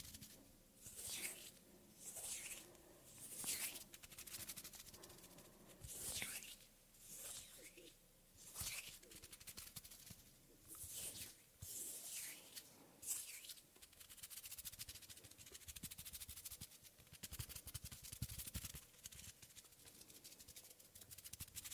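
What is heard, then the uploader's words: Soft hand and skin sounds, with slow breaths rising and falling about every second or two through the first half. Bright, hissing swells from skin rubbing give way later to denser, steadier rustling and light tapping, with a low rumble underneath. ASMR Soft Hand Sounds & Movements Skin Sounds Up-Close Breathing.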